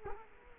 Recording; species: mosquito wingbeat signal from an infrared sensor; Culex quinquefasciatus